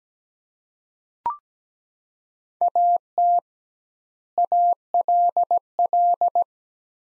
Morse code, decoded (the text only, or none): AT ALL